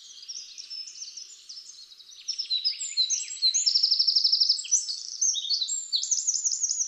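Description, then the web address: Eurasian wren song: starting soft, then growing louder with tumbling high notes and a rapid, even trill near the middle. "SETE Troglodytes troglodytes"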